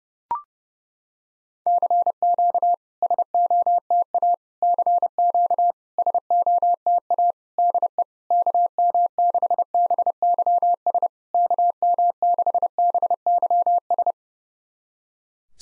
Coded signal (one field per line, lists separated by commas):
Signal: Morse code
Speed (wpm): 30 wpm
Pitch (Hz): 700 Hz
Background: none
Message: CQ SOTA CQ SOTA DE KM6BYS KM6BYS